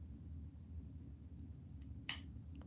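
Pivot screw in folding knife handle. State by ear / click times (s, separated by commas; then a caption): seated / 2.1 s. A pivot screw in a folding knife handle is backed off counterclockwise, before tightening, until its thread catches and drops into the track. Over a steady low hum, one sharp click sounds at 2.1 s, followed by two faint ticks near 2.6 s. The thread is seated.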